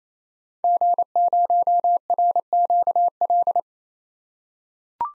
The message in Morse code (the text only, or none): G0RQL